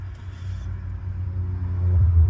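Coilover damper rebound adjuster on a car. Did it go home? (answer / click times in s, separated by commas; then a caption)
no / none. Pliers from a BMW tool kit turn a stiff rebound adjuster on a car's coilover damper toward its next detent, the six-rebound setting. A steady low rumble rises slowly in level throughout, with no distinct sharp sounds. Nothing has clicked or seated into the setting yet.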